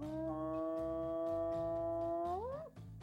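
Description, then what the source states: Spotted hyena whoop: one long, steady, harmonic-rich hooting tone that sweeps upward near its end. Whoops are repeated calls signalling presence to others, sometimes up to 5 km away; thought to help the clan regroup to hunt and defend territory against other hyenas or lions; much studied by scientists.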